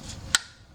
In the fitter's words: okay and then you hear it click so that means it's at 30 meters of torque and that means you can stop